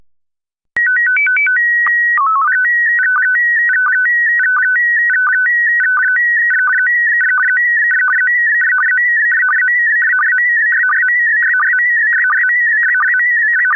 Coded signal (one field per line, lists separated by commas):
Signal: SSTV (slow-scan television)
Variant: PD 90